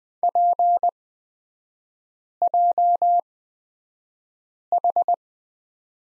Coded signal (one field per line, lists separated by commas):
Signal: Morse code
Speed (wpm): 20 wpm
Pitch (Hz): 700 Hz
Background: none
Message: PJH